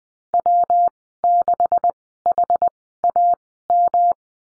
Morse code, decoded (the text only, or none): W6HAM